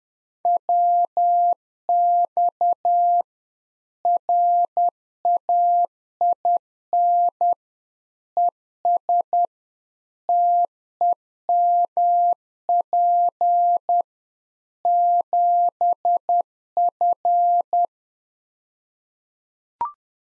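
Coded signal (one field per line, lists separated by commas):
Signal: Morse code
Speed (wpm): 10 wpm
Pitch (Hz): 700 Hz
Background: none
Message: WX RAIN ES TEMP 7F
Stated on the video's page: Practice QSO information segment (rig, antenna, weather) at 10 wpm, sent in Morse, spoken, then sent again, used in LICW QSO classes.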